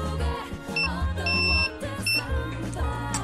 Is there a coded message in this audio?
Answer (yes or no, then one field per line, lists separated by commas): no